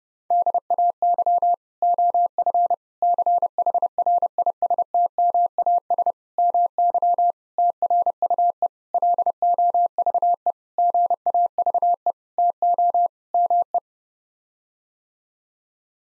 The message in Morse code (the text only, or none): DAY OF CHRISTMAS MY TRUE LOVE GAVE TO ME